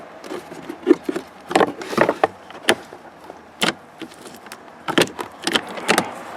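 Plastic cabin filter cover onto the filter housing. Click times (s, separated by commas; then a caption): 2.7 s. The plastic cover of the cabin air filter housing on a 2013–2019 Cadillac ATS or CTS is pushed back on top after the new cabin air filter goes in. Brief rustling and plastic handling noises come first, then a sharp snap at 2.7 s as the cover's clips snap into place. More handling sounds follow, and the cover is seated.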